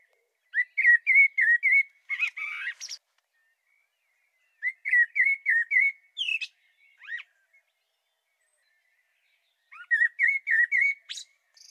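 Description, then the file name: Common blackbird singing in three phrases, each a series of fluty repeated notes followed by squeaky rising twitters, with short silences between phrases. "Turdus merula"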